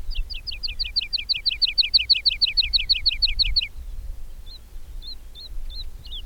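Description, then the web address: Bird singing a rapid series of many paired, sharply slurred notes, then stopping and giving a few spaced single chirps; soft background rumble. "madarak enek"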